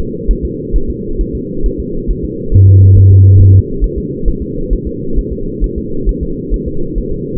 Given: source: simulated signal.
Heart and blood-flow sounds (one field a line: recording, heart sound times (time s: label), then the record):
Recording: fetal heart sounds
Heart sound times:
0.00 s: S2
0.31 s: S1
0.45 s: S2
0.76 s: S1
0.90 s: S2
1.21 s: S1
1.35 s: S2
1.66 s: S1
1.80 s: S2
2.10 s: S1
2.25 s: S2
2.54 s: S1
2.68 s: S2
2.97 s: S1
3.11 s: S2
3.40 s: S1
3.55 s: S2
3.84 s: S1
3.98 s: S2
4.28 s: S1
4.42 s: S2
4.73 s: S1
4.87 s: S2
5.19 s: S1
5.33 s: S2
5.64 s: S1
5.78 s: S2
6.09 s: S1
6.23 s: S2
6.54 s: S1
6.68 s: S2
6.98 s: S1
7.12 s: S2
From the record:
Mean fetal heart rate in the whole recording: 135 bpm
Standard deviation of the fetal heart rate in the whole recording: 3 bpm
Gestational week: 36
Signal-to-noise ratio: -8.1 dB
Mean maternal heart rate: 72 bpm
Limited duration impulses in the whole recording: present